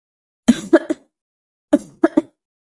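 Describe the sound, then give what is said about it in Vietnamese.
Two harsh bursts of coughing from a seriously ill man who has turned his back, each a quick run of three rough, forceful hacks, separated by a brief silence. The coughs are loud and raspy with no speech. “Y vội xoay lưng, ho dữ dội một hồi.”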